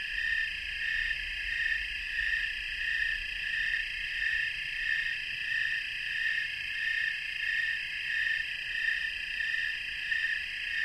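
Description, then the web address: Snowy tree cricket chorus, a dense shimmering trill in the high range, pulsing evenly and continuously as the insects chirp in time. Chorus of many crickets, North America. "Natures Songs N America Songs of Insects -Snowy Tree Cricket chorus"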